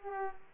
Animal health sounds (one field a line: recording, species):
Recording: mosquito wingbeat signal from an infrared sensor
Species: Aedes aegypti